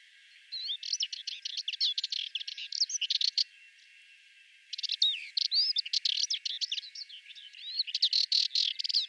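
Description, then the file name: Sardinian warbler song: two long runs of hurried, grating chatter mixed with brief whistled notes, with a short pause in the middle. "Fauvette melanocephale"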